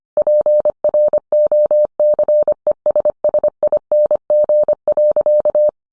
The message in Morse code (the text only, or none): PROCESSING.